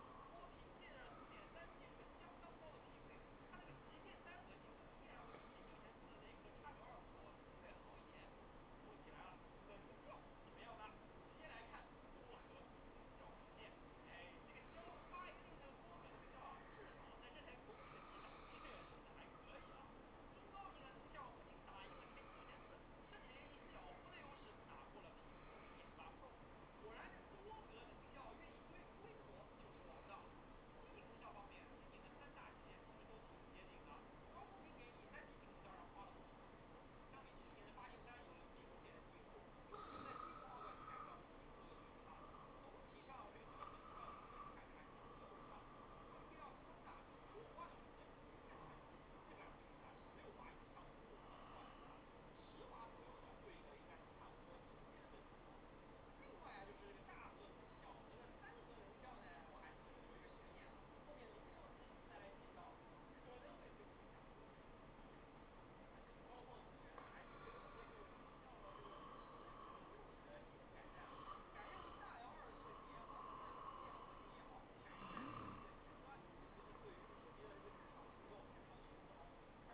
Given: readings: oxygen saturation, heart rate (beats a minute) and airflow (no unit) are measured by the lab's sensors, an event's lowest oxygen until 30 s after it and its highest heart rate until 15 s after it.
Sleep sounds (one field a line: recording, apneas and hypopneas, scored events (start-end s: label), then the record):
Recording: a person awake in a sleep study, by a voice recorder at the bedside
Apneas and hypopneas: none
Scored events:
0.00-79.74 s: awake
From the record:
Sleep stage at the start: awake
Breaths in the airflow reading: 29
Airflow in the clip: -0.7 to 0.7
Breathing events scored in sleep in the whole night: 403 in 5.5 hours asleep